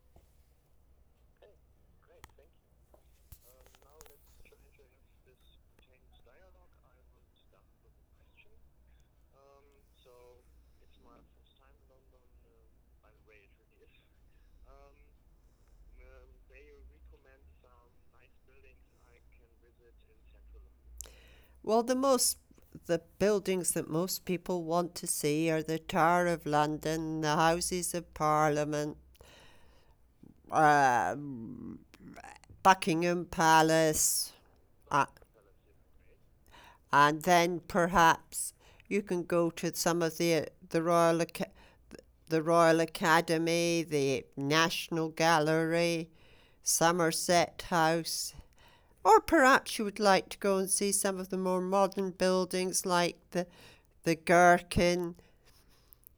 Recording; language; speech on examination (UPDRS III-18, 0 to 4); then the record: conversation on a phone call; English; 0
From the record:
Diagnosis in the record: healthy control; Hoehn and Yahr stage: 0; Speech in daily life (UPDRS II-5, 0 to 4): 0